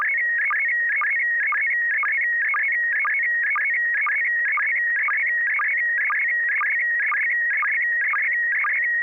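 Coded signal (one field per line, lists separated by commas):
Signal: SSTV (slow-scan television)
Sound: warbling, chirping tone with a steady rhythmic click about twice a second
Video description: The River City ARCS SSTV Net is held Wednesday evenings at 9:00 PM Pacific Time on the N6NA FM repeater on 441.300 MHz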